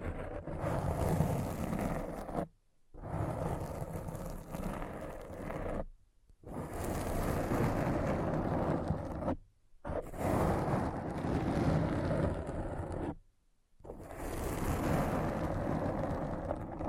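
Dense, rough brain-scratching noise in long steady bursts, broken by four abrupt silences near 2.5, 6, 9.5 and 13.5 seconds.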